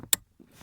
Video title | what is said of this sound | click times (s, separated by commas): Air Bag SRS Light Reset with Autel MD805 Scan Tool Review | now that snap back in, and | 0.1 s